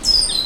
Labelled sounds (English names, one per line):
Stitchbird song